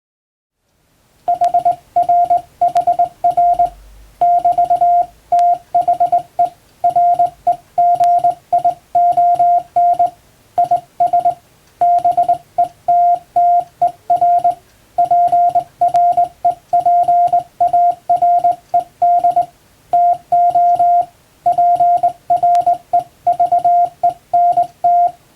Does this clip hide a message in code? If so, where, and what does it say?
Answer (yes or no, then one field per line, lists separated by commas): yes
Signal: Morse code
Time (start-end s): 1.3-25.1 s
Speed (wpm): 21 wpm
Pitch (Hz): 700 Hz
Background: music, radio noise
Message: HRHR <BT>THE REGION IS BETTER PREPARED TO PREVENT